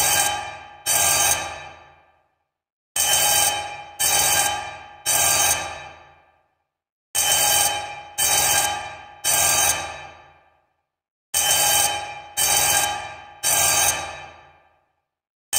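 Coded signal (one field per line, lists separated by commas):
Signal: coded fire alarm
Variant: 10-inch vibrating fire bell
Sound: loud fire alarm bell rings in short bursts, grouped in threes or fours with pauses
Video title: General Signal 10" Fire Alarm Bell Code 3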